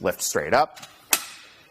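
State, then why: Seated. A RockyMounts MonoRail hitch-mounted platform bike rack for 2 bikes, fitted to a 2023 Toyota RAV4, is lifted by its arms from the tilted-down position back upright while someone talks. The tilt handle latches into its locked upright position with a sharp, audible click at 1.1 s, which then trails off. The rack is locked upright.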